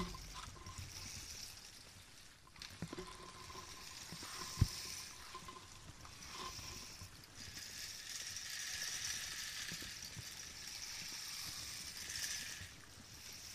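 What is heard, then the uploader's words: A rainstick pours a steady, dense patter of tiny beads, bright, for the full length. The sound swells and brightens after about seven seconds, with a few crisp clicks and taps scattered through, one sharp tap just before five seconds. Layered Sounds. A rainstick, a spray bottle and plastic wrap, as well as scissors.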